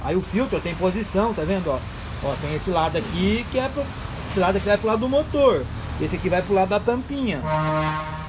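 Someone talks while handling a paper oil filter element and its plastic housing cap during an oil and filter change on a Master 2.5, showing which end goes toward the engine and which toward the cap. The element has not yet been pressed into the cap, and nothing has seated or clicked yet. Near the end, a steady tonal hum with many even harmonics rises around 7.4 s and holds to the close.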